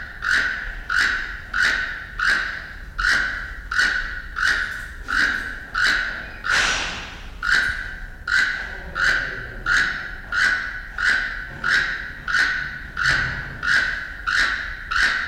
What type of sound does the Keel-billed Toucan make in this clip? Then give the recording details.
call. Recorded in captivity. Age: adult. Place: Zoo Berlin, Berlin, DE. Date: 1993-01-16 11:52. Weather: 10-14 °C, sonnig. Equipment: Marantz CP 430, Sennheiser ME 80, Kopie Uher Variocord 263. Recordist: Tembrock, Günter